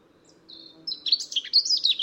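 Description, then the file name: European robin singing a brief phrase: a quiet sustained whistle leading into loud, rapid, jumbled high twitters. "Erithacus rubecula"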